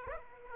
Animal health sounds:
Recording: mosquito wingbeat signal from an infrared sensor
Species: Aedes aegypti

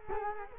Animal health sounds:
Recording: mosquito wingbeat signal from an infrared sensor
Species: Culex quinquefasciatus

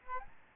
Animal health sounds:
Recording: mosquito wingbeat signal from an infrared sensor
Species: Aedes albopictus

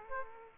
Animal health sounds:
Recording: mosquito wingbeat signal from an infrared sensor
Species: Aedes aegypti

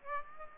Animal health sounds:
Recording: mosquito wingbeat signal from an infrared sensor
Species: Aedes aegypti

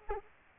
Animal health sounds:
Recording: mosquito wingbeat signal from an infrared sensor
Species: Aedes albopictus

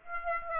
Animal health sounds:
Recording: mosquito wingbeat signal from an infrared sensor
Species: Aedes aegypti

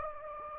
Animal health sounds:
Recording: mosquito wingbeat signal from an infrared sensor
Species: Anopheles gambiae

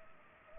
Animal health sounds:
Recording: mosquito wingbeat signal from an infrared sensor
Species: Culex pipiens

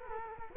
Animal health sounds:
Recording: mosquito wingbeat signal from an infrared sensor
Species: Culex quinquefasciatus

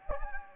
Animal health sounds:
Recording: mosquito wingbeat signal from an infrared sensor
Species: Anopheles gambiae

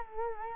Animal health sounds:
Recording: mosquito wingbeat signal from an infrared sensor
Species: Culex quinquefasciatus

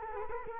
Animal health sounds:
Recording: mosquito wingbeat signal from an infrared sensor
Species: Culex quinquefasciatus

